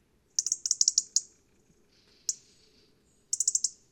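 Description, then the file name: European robin uttering sharp, high ticking calls in quick bursts, a cluster at first, then a single tick and another fast run, over a low rumbling background. "Erithacus rubecula"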